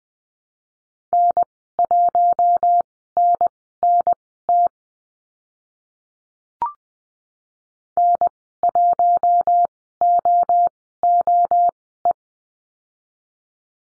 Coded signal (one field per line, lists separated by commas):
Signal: Morse code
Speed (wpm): 20 wpm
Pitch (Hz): 700 Hz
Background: none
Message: N1NNT N1OOE